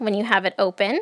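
The frame lock latch at the bottom of an unfolded Joovy Caboose Ultralight folding sit-and-stand stroller is being handled while someone talks. Nothing has seated or clicked yet; the latch has not yet closed.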